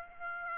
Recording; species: mosquito wingbeat signal from an infrared sensor; Aedes aegypti